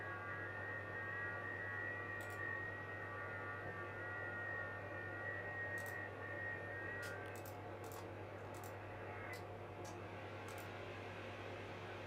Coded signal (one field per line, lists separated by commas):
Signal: FT8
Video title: FT8 during a solar storm